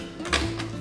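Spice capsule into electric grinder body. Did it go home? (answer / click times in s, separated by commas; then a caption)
no / none. A spice capsule is handled against an electric grinder body after swapping to another capsule, with low hum and a brief sharp sound around 0.3 s as it is pushed toward place. Nothing has seated or clicked yet; the capsule is not yet home.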